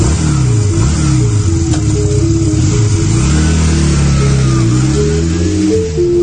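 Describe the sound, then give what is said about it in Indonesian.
A motorcycle engine revs loudly and continuously, its droning pitch climbing and dipping in repeated waves as it pulls away and accelerates, setting off on a trip to Tasik, with no voices. “Singkat cerita, kami pun berangkat ke Tasik dengan menggunakan motor.”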